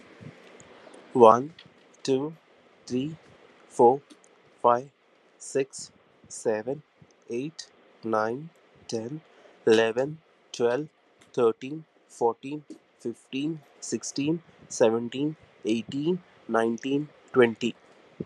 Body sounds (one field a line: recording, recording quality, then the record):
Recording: counting at a normal pace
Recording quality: excellent, no background noise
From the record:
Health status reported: healthy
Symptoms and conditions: cough, cold, hypertension, diabetes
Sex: male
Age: 38 years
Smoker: not ticked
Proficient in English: yes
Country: India